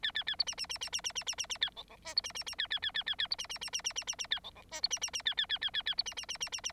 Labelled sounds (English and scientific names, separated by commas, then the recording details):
Bengalese Finch (Lonchura striata domestica) song
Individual Bird9